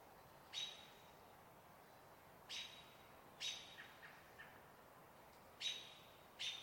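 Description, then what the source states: American Robin giving sharp, piercing calls, about five in all, with a short burst of quieter low clucking notes in the middle. Evening calls, said to be slightly faster, near a still-water riparian area with cottonwoods in Cascades evergreen forest, Trout Creek Campground, 12 May.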